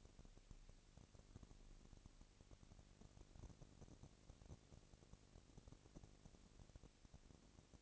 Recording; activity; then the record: daily activity, microphone in the room; no activity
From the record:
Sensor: 4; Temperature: 22.5 degrees Celsius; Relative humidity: 33.4%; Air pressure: 999.7 hPa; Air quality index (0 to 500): 231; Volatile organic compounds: 21 ppm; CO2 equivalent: 2707 ppm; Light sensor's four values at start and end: 2/3/1/1 and 2/3/1/1